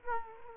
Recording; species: mosquito wingbeat signal from an infrared sensor; Culex quinquefasciatus